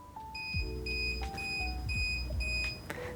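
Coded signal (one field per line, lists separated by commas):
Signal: beep code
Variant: Fardriver motor controller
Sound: five high-pitched beeps about half a second each with short gaps, over low hum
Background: low electrical hum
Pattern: 5 beeps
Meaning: Five beeps indicate an overvoltage error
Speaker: In my case, this is five beeps and five beeps is an overvoltage error.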